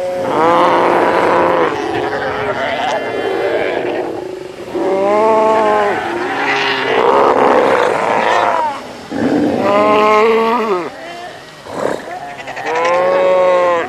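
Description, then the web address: South American sea lion calls: drawn-out, wavering harmonic bleats repeated in bouts of one to three seconds with short gaps. "earth naturelibrary assets s so south american sea lion"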